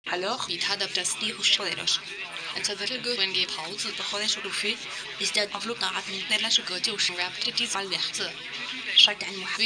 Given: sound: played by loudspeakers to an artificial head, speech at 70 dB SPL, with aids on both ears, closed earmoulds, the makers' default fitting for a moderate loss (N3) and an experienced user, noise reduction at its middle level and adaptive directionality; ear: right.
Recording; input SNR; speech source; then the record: speech test signal (ISTS) in cocktail-party noise; +6 dB; on the right (90 degrees)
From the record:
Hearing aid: class 2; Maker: A